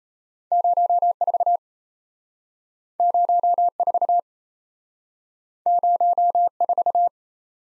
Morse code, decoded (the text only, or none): 04 04 04